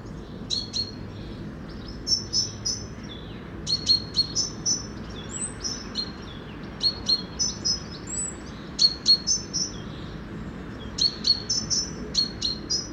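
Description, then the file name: Great tit calls: short high chirps in quick clusters of two to four, repeated throughout over a low steady background rumble. "Parus major"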